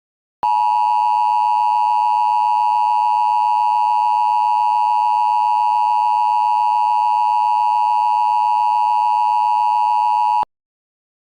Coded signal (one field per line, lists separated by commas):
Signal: Emergency Alert System (SAME) tones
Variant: 853 and 960 Hz attention tone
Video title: K-Pop Demon Hunters Rampage - An EAS Scenario (POPULAR)